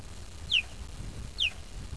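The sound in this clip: Cheetah giving two brief, high, bird-like chirps that drop in pitch, about a second apart, over low background noise.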